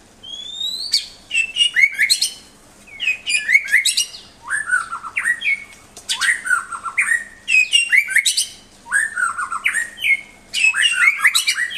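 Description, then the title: White-rumped shama song in loud bursts of rich whistles, harsh chatters and sharp clicks, each phrase about a second long with short pauses between, repeated throughout. Master shama singing vigorously; the recording is meant to train a newly acquired shama's toughness. "mster Mnuk. Suara Murai Batu Gacor Master untuk Melatih Ketangguhan Murai Baru Milik Anda"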